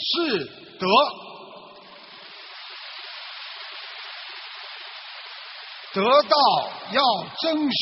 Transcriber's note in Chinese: 掌声